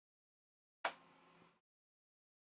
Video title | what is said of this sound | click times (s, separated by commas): Chat, Chill, N' Build Stream - LDO Box Turtle Beta Kit - Part 2 | click as these kind of rotate down and in | 0.8 s